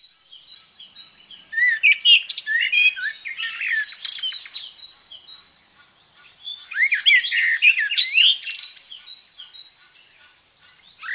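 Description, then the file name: Common blackbird song: two rich warbled phrases with fluty slurred notes and scratchy high twittering, separated by a pause filled with thin high background bird calls. "Merel"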